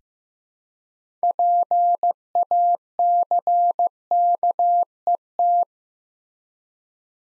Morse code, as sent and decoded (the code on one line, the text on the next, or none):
.--. .- -.-. -.- . -
PACKET